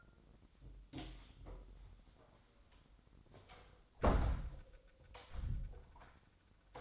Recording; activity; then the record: daily activity, microphone in the room; close door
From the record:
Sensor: 3